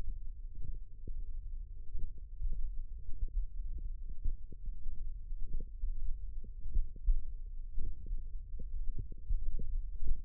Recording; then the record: forearm muscle sounds (acoustic myography)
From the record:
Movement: tripod grip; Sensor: system 1, eight BSWA MPA416 microphones around the upper forearm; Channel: 6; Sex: female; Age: 21 years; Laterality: right